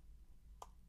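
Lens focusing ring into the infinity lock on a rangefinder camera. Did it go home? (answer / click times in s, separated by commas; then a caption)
yes / 0.6 s. The focusing ring of the normal lens on a Zeiss Contax IIa rangefinder camera is turned to infinity until the infinity lock catches. A single short, sharp click is heard at 0.6 s over a low, steady background hum, and the lock seats in place.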